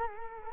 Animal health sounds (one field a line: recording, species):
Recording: mosquito wingbeat signal from an infrared sensor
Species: Culex quinquefasciatus